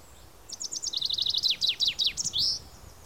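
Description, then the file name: Common chaffinch song: bright repeated chips run into a descending series of slurred notes, then a terminal flourish, one phrase of about two seconds over quiet background. "Fringilla coelebs"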